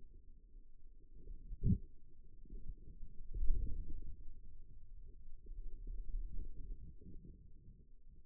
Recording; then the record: forearm muscle sounds (acoustic myography)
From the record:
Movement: wrist extension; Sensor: system 2, bracelet of six BSWA MPA416 microphones around the upper forearm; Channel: 4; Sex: male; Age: 22 years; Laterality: right